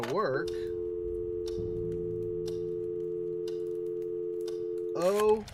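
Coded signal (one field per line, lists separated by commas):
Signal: telephone call progress tone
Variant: North America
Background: speech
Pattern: dial tone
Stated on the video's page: Telephone tone in the point-and-click horror game Scratches.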